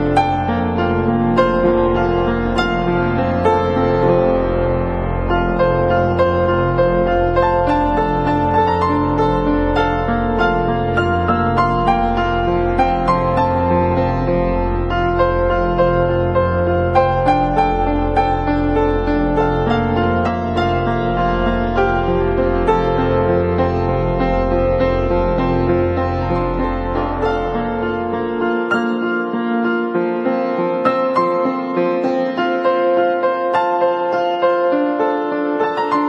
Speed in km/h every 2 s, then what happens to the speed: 40, 40, 38, 36, 37, 39, 38, 35, 36, 35, 25, 30, 31, 31, 35, 38, 43, 44.
0-17 steady at about 38. 17-19 brakes to 25. 21-36 speeds up to 44.